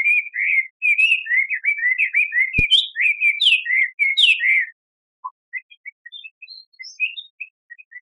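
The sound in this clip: Bird song, a fast twittering run of high chirps and warbled notes for about four and a half seconds, then scattered short chirps with pauses.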